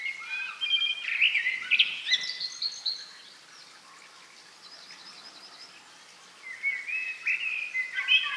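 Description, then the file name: Common blackbird song: rich whistled warbling with quick sliding notes, then a long quiet gap, then a fresh phrase of fluty, wavering notes. "Turdus merula"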